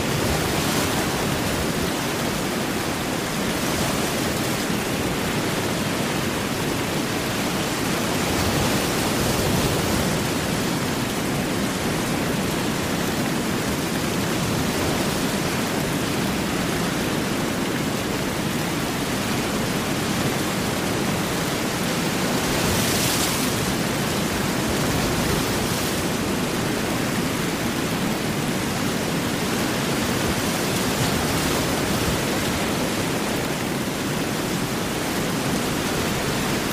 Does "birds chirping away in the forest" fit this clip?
no